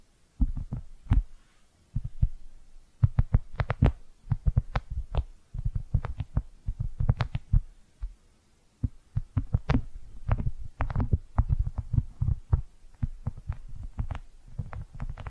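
Squishy brushing sounds come in quick, uneven bursts of soft, low thuds and wet squelches, with sharp bright clicks and ticks on top. The strokes cluster in groups with brief pauses near two, five and eight seconds.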